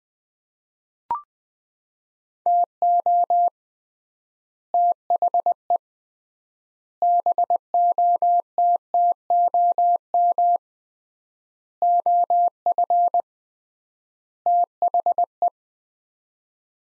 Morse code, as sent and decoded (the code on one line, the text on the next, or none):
- --- / - .... . / -... --- - - --- -- / --- ..-. / - .... .
TO THE BOTTOM OF THE